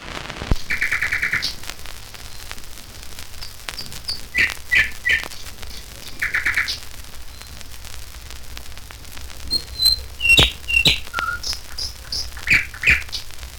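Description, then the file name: Nightingale giving short bursts of rapid repeated notes, scattered high whistles and clicks, separated by pauses, over a steady background hiss. "Solovei s natury"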